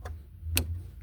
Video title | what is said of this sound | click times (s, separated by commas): 2006-2011 (8th generation) Honda Civic 1.8L Fuel pump REPLACEMENT | Just like that. You hear that click? | 0.6 s